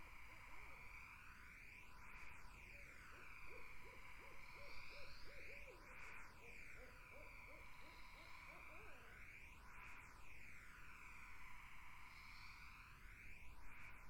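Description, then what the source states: Barred owl hoots run together in a fast, bouncing series for several seconds, then stop; a constant high insect chorus and swirling, phased background noise continue throughout. Barred owls in a summer wetland; 8D audio.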